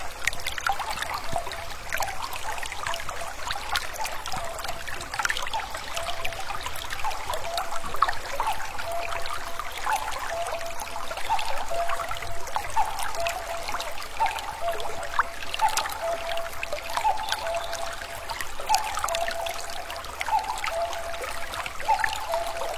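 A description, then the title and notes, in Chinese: Birds call again and again in a deep wooded valley, their bright chirps and short repeated notes scattered densely across the whole span. Beneath them a steady trickle of flowing water runs without pause, even, with no low rumble. 溪林山谷深处，鸟鸣回响。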